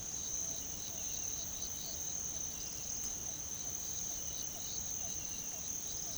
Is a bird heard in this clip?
no